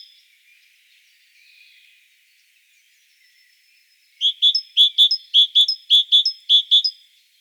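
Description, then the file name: Great tit song: after four quiet seconds, a quick run of about eleven sharp, bright two-part notes repeated evenly for nearly three seconds, ending abruptly. "Parus major"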